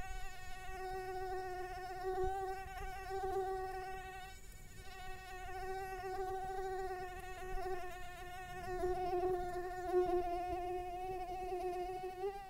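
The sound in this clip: Insect giving a sustained whining buzz, pitch wobbling gently as it rises and falls slightly in volume over about twelve seconds.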